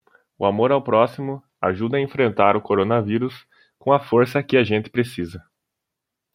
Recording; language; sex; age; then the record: spoken sentence; Brazilian Portuguese; male; 20 to 29 years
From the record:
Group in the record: control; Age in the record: 22 years